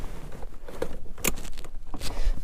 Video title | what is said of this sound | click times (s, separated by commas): Fitting a Whale water pump | can hear there you just push it in and it locks into place | 1.3 s